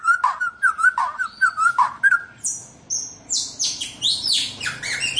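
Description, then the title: White-rumped shama song: a string of short mellow whistles, then harsh buzzy downward sweeps and high squeaky notes. "Kicau Murai Batu"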